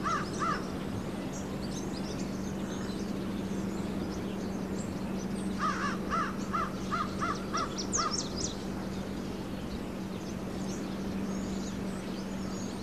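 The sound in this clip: Birds calling: harsh, cawing notes at the start and a short series around the middle, with thin high chirps scattered throughout over a steady low hum and background noise.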